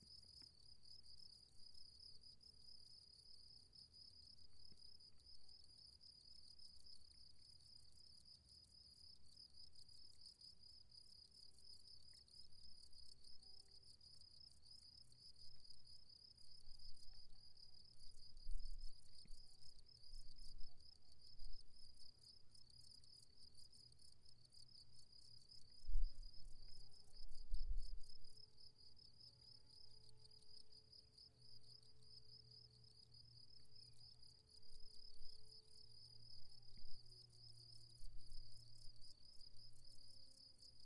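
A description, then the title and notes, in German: Crickets chirr without pause in a high, bright band through the whole recording, over a low, uneven rumble of wind. From about 26 seconds a steady engine hum rises, holds, then slides down in pitch near 37 seconds, with a few soft thumps around 19 and 27 seconds. Eine Kuhle im Bergrücken des Hesselbergs.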